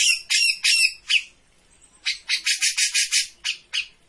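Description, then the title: Grey-cheeked bulbul song, harsh squawky notes, a short pause, then a fast run of rough chattering notes. Cage bird-training master of a bird in full song (gacor). "Cucak Jenggot Gacor. Masteran burung cucak jenggot ! Suaka burung"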